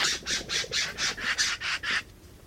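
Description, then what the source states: Corvid (crow or jay): a quick run of several harsh, raspy squawks, then the sound stops. Corvids such as crows and jays scatter-hoard seeds, which can inadvertently plant forests.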